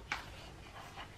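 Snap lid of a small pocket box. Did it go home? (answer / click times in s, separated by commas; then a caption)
no / none. Someone presses the snap lid of a small plastic pocket box closed, and a brief tick at 0.1 s is followed by low, quiet handling noise. The lid does not latch, and nothing has clicked shut yet.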